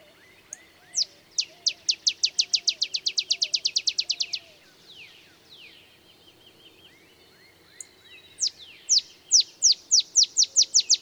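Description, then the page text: Olive sparrow song: an accelerating chip series, then soft lower notes before a fresh series of chips starts. Simple songs like a field sparrow's bouncing-ball song, though less mellow; early morning in Texas, 50 miles north of the Mexican border. "Olive sparrow. Recording early morning just 50 miles north of the Mexican border in Texas"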